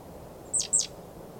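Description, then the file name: Great tit call: two quick, very high, sharp descending notes in rapid succession. "Parus major"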